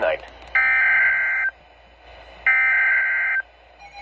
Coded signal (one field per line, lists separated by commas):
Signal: Emergency Alert System (SAME) tones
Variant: header bursts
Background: speech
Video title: EAS #127-128 Tornado Warning